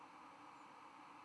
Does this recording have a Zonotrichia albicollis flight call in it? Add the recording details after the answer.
no. Another species' flight call is heard. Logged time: 01:02 on 11 November 2014